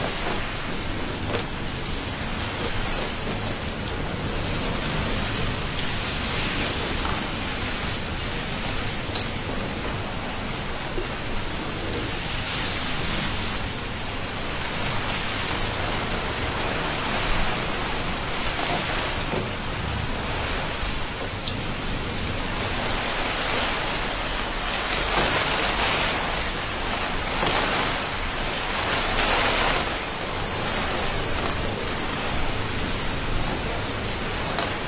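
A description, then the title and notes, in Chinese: Steady rain falls on a street late at night, a dense, even hiss that never lets up. Brighter washes of heavier rainfall swell around the middle and again near the end, over a faint low rumble underneath. 深夜的雨声。深夜大街上的雨声。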